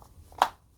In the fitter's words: there you go until you hear that click once you hear that click you see the tip is sticking out a little bit then you're good to go